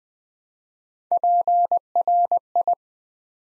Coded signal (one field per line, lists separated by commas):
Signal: Morse code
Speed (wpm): 20 wpm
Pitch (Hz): 700 Hz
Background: none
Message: PRI